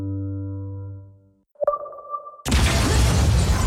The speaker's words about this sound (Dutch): Explosie in het flatgebouw waarbij een vrouwelijke rechercheur is omgekomen.